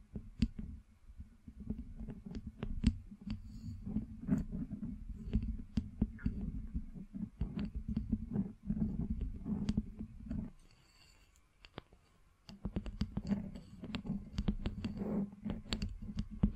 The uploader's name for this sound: Scratching, Tracing, Tapping